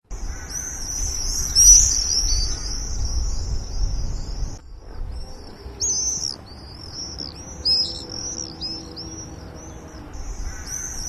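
Bird calls: high, wavering chirps and chattering notes form a near-continuous band, pausing briefly midway, over a low rumbling background noise.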